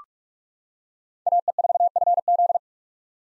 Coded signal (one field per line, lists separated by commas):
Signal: Morse code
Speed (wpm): 46 wpm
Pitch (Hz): 700 Hz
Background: none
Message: AE4FZ